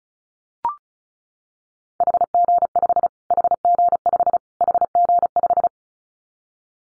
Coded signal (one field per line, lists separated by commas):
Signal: Morse code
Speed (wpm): 34 wpm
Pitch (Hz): 700 Hz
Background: none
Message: HG5 HG5 HG5